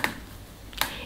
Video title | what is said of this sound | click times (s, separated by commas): Inside ILLEGEAR S5 | to the top then you will hear a similar clip sound | 0.0 s, 0.8 s